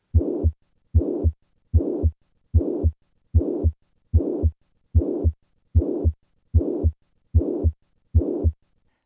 Mitral Regurgitation Variations. A classic murmur of mitral regurgitation. The feature that distinguishes regurgitant murmurs from ejection ones is that they tend to go all the way to the second heart sound.